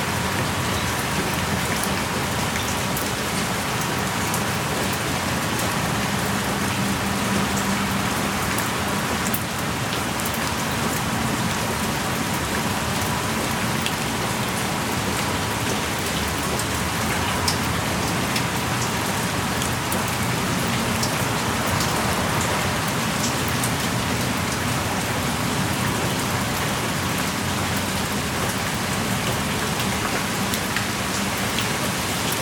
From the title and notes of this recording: Going on a hike in a forest near munich and suddenly the rain starts pouring and you have to hide in a small hidden cave.